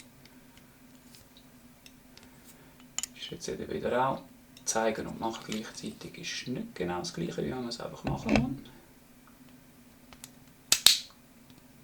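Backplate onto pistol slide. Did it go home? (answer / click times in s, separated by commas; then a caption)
yes / 10.7 s, 10.9 s. A slide backplate is pushed further onto a Glock Gen 3 pistol slide during installation of an Apex Action Enhanced Trigger, with soft handling ticks and taps while someone talks. The backplate snaps and clicks into place in two sharp clicks at 10.7 s and 10.9 s, and the slide is back together.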